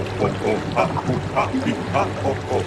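Water bubbles and gurgles in a steady stream in an aquarium, with rounded burbling bursts recurring about every half second over a constant low hum.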